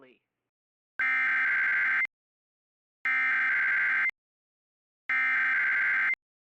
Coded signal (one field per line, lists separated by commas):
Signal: Emergency Alert System (SAME) tones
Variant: header bursts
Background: speech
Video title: IP - REQUIRED WEEKLY TEST CHAOS PT 2 - NO EAS